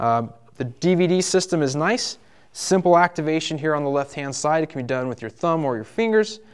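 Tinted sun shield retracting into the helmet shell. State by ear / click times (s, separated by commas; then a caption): not seated / none. Someone talks while handling the tinted plastic internal sun shield of a Speed and Strength SS1700 motorcycle helmet, operated by a thumb slider on the left side of the helmet to retract it into the shell. Only speech is heard. The clip ends before the shield clicks back into its stowed position, so nothing has seated or clicked yet.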